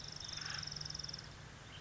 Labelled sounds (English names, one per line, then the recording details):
Acorn Woodpecker
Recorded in Sonoma County, California